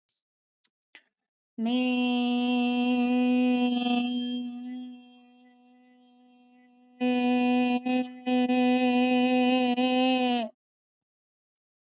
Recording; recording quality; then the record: sustained vowel as in made; excellent, no background noise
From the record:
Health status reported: healthy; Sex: female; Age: 27 years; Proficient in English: yes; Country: India